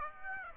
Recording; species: mosquito wingbeat signal from an infrared sensor; Aedes aegypti